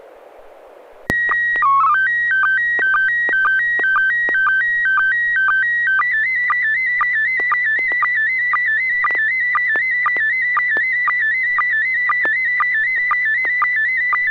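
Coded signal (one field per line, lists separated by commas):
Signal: SSTV (slow-scan television)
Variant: PD 120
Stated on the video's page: Weekly SSTV net on an FM repeater, 441.300 MHz, Wednesday evenings; pictures sent with MMSSTV software.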